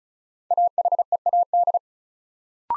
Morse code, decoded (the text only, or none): AHEAD